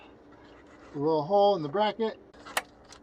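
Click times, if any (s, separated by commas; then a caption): 2.6 s. Someone talks while a plastic push-in clip on the engine wiring harness of a VQ40DE engine in a 2005-2019 Nissan Frontier, during a PCV valve change, is pressed into the hole in a metal bracket. A sharp click rings out at 2.6 s as the clip snaps through the hole, followed by a faint tick, and the clip is seated in the bracket.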